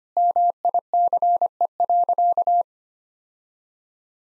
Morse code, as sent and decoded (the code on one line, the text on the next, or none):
-- .. -.-. . .-.-.-
MICE.